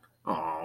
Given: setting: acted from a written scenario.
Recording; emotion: vocal sound without words; adoration